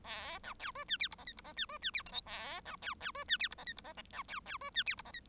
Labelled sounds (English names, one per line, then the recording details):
Bengalese Finch song
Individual Bird1